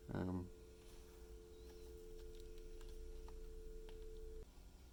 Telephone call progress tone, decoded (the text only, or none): dial tone